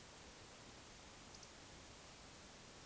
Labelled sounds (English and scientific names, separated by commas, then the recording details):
Eurasian Woodcock (Scolopax rusticola) whistle
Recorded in Baden-Württemberg, Germany, on 20 May 2021 at 19:51 UTC
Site 24606, 635 m above sea level